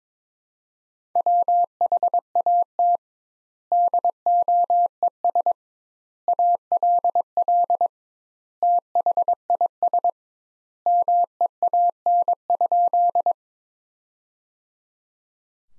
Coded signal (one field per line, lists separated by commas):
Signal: Morse code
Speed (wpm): 22 wpm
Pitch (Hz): 700 Hz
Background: none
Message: WHAT DOES ALL THIS MEAN?